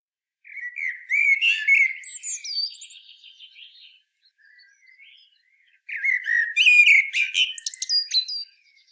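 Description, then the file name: Common blackbird singing varied fluty warbles that break into high, squeaky, scratchy notes, followed by a short quiet gap and a second rich phrase ending in twitters. "Turdus merula"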